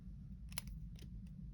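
After the bottom screw of the keyed blade pivot in the handle of a metal Roxon Flash Elite multitool is turned, the pivot, which had turned and was not seated all the way, drops back into place. The blade lock engages with a small, sharp metallic click at 0.6 s, surrounded by fainter ticks at 0.5, 0.7 and 1.0 s over a steady low hum. The pivot is seated and the blade locks.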